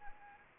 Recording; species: mosquito wingbeat signal from an infrared sensor; Anopheles arabiensis